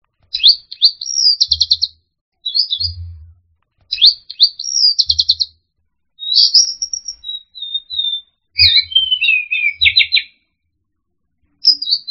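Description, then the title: Orange-headed thrush singing varied, rich whistled and twittering phrases in short bursts with pauses between, some rising and trilled, accompanied by low thumping rumbles. "anis merah"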